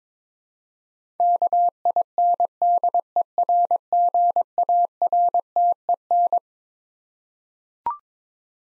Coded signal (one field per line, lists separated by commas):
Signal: Morse code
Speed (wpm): 22 wpm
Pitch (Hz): 700 Hz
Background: none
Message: KINDERGARTEN